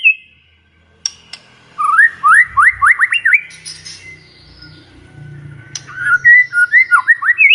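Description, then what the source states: White-rumped shama: series of rising whistled slurs repeated quickly, then varied warbled notes, with low rumbling noise beneath. Lure recording of an actively singing (gacor) white-rumped shama, played to make other shamas respond and sing straight away.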